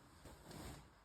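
A stroller bassinet is handled at the stroller frame mounts, producing low rumbling and shuffling noise with a slightly louder stretch around 0.3 to 0.8 seconds. Nothing has seated or clicked yet; the bassinet is not yet home on the frame.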